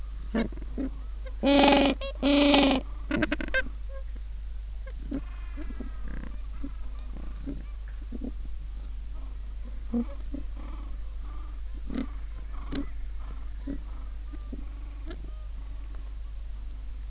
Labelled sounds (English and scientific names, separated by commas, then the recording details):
Gentoo Penguin (Pygoscelis papua)
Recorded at the colony at Booth Island, Antarctica, on 21 December 2014
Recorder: Song Meter SM2+